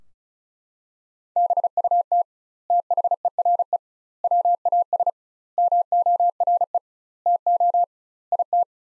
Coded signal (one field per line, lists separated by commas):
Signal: Morse code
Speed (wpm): 34 wpm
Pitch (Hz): 700 Hz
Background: none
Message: BUT THERE WAS MORE TO IT